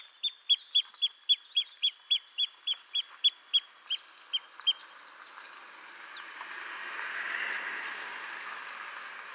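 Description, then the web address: Pearl kite calling in a rapid series of short, sharp, high notes, stopping after about five seconds; a steady high drone and background hiss continue. "Pearl kite. صدای-پرنده-کورکور-مرواریدی"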